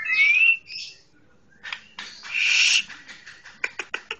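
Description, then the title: Oriental magpie-robin song: a bright rising whistle, then a harsh buzzy burst, ending in a quick run of sharp clicking notes. Chirping song. "Kicau Kacer Durasi Panjang 1jam Lebih"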